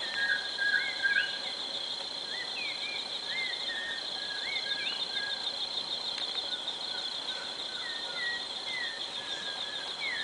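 Bird calls, short whistled notes rising or falling, repeated irregularly about twice a second, under a loud unbroken high insect buzz.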